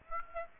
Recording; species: mosquito wingbeat signal from an infrared sensor; Aedes aegypti